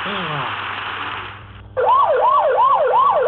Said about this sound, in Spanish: ¡La sirena de alarma! ¡Pero es imposible! ¡Eso quiere decir que hay una sobrecarga en las máquinas! ¡El reactor va a explotar!